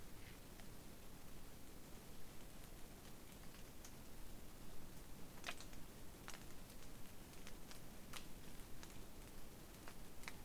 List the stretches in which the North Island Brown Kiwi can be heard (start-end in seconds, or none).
none